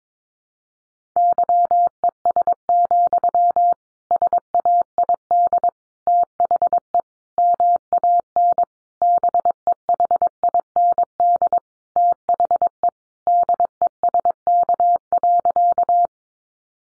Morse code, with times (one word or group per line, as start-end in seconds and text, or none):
1.2-3.7 YES,
4.1-5.7 SAID
6.1-7.0 THE
7.4-8.6 MAN
9.0-11.6 BEHIND
12.0-12.9 THE
13.3-16.1 DESK.